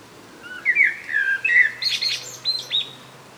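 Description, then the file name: Common blackbird song, a rich whistled warble followed by scratchy high-pitched flourishes and short squeaks. "Turdus merula"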